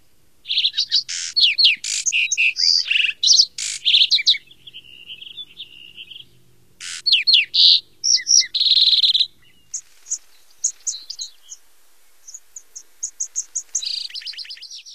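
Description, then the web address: Lark sparrow singing long, varied phrases of high chips, buzzy trills and clear notes, broken by pauses, the song jerky and rich with stuttered and churring sections. "Songs of Birds of North America Stokes. Lark Sparrow"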